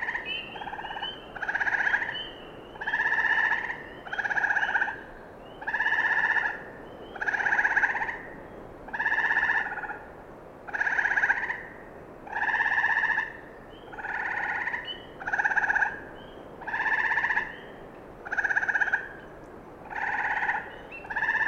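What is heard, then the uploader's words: A frog calls over and over at a wetland in the evening, each call a short, buzzy trill lasting under a second and repeating at a steady pace about every second. A faint, continuous low murmur of other frogs fills the background. Wetland evening chorus. Common Yellowthroat and birds in background include Swainson's Thrush, Chipping Sparrow. Recorded at old (abandoned) Ice Rink Wetland. Schoodic division, Acadia National Park. Frogs include a Green Frog. Spring Peepers, and Gray Tree Frogs.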